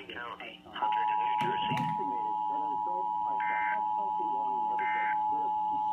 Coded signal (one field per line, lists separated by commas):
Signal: Emergency Alert System (SAME) tones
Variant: 853 and 960 Hz attention tone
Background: speech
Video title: EAS #1108 - Flash Flood Warning on NOAA and TV 7-6-2015